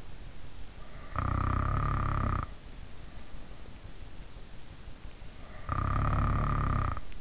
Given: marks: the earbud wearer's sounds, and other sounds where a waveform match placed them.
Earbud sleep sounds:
sounds in sleep by an in-ear microphone; snoring breath
0.70-2.70 s: snoring breath
5.61-7.21 s: snoring breath

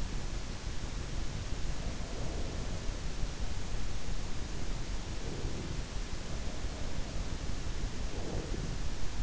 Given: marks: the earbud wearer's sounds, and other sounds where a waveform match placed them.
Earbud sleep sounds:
sounds in sleep by an in-ear microphone; breath
0.81-3.01 s: breath
3.82-5.83 s: breath
6.53-9.23 s: breath

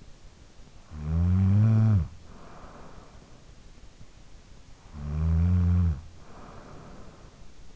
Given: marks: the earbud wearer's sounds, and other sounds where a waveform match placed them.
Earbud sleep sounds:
sounds in sleep by an in-ear microphone; snoring breath
0.51-3.39 s: snoring breath
4.50-7.76 s: snoring breath

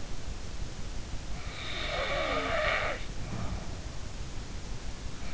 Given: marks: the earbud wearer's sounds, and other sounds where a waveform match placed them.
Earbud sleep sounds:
sounds in sleep by an in-ear microphone; snoring breath
1.81-3.75 s: snoring breath

